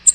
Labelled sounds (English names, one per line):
American Redstart flight call